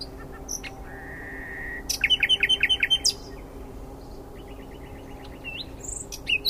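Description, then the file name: Common nightingale song: a pure whistle, then a rapid stuttering burst of repeated sharp notes, and later a softer run of clicking notes with brief chirps. "Luscinia megarhynchos"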